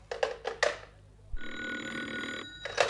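A telephone bell rings loudly with no one talking: four quick rattling bursts, then a long steady metallic trill about a second long, then the ringing starts again.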